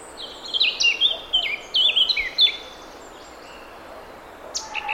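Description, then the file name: Eurasian blackcap song, rapid varied warbling in several bursts over two seconds, then quiet, with a few sharp high notes at the end. "Sylvia atricapilla"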